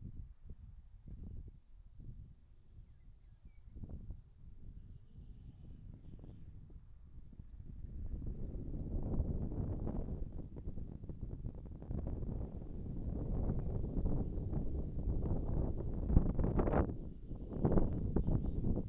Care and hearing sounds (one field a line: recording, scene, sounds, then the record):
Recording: everyday scene through a hearing-aid microphone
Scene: wind on the microphone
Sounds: wind, birds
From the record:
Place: in front of a rural house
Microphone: behind the ear, left, rear